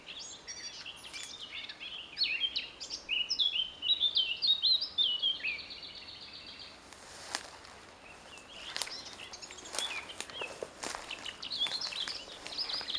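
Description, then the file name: Eurasian blackcap song: a rich, rapid warbled phrase of varied high notes lasting several seconds, followed by quieter scattered notes and clicks. "Sylvia atricapilla"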